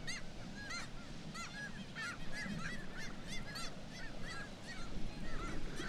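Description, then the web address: Black-legged kittiwake calls, clear repeated nasal upslurred-then-falling notes from several birds in quick succession, over steady low background rumble. "sound Black-legged-kittiwake. صدای-پرنده-کاکایی-پاسیاه"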